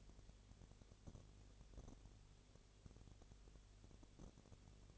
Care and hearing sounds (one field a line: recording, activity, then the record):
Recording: daily activity, microphone in the room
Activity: no activity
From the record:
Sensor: 4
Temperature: 22.6 degrees Celsius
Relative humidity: 32.0%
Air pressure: 1008.1 hPa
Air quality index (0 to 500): 114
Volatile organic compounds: 2 ppm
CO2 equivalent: 1103 ppm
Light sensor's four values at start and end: 2/3/1/1 and 2/3/1/1